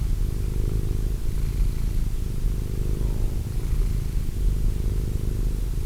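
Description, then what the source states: Purring cat, low throbbing rumble swelling in slow cycles, unbroken for the whole stretch. Cat named Wilson.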